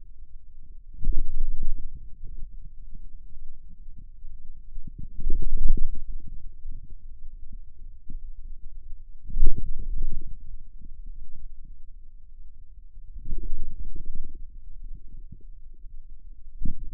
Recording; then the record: forearm muscle sounds (acoustic myography)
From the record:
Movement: outward rotation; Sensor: system 2, bracelet of six BSWA MPA416 microphones around the upper forearm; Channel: 5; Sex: male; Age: 22 years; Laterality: right